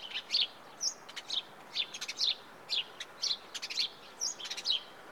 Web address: The BBC Sound Effects Library. House Sparrow (Passer Domesticus)